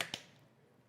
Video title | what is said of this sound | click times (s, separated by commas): $4300 PC Build with Aussie Antics and iBuyPower – Giveaways + Hyte Y60 Build (12900KF / RTX 3090) | You hear that click? That was a quality click. | 0.0 s, 0.1 s